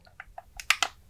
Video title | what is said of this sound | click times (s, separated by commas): Young Jedi Adventures - Jedi Pilot Nubs with Starfighter - Star Wars Unboxing | and they click into place there so | 0.7 s